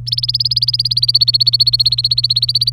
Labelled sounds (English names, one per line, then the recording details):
Domestic Canary song
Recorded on 27 April 2018 at 14:13
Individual llb3